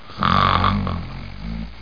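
A single adult snore: a loud, low, rumbling inhaled snort that trails off into a softer breath.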